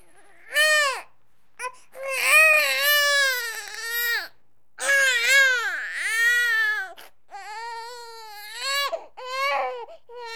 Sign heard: Baby crying.